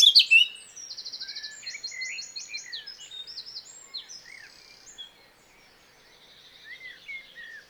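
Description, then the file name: Eurasian blackcap song that opens with a loud burst, moves into a soft, rattling trill and scattered slurred notes, then grows quieter. "Sylvia atricapilla"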